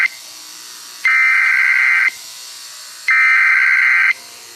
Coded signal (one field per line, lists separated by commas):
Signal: Emergency Alert System (SAME) tones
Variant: header bursts